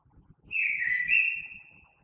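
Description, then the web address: Common blackbird giving a mellow, short sustained fluting whistle with a brief rise, faint low sounds around it. Recorded 3 March 2020. "oiseaux Merle 2020 03 03"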